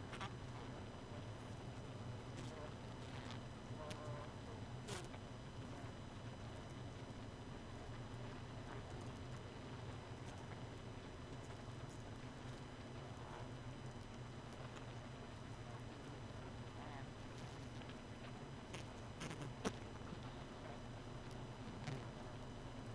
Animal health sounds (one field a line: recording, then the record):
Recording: honeybee colony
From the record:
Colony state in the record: missing queen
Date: 31 May 2018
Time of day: 1:58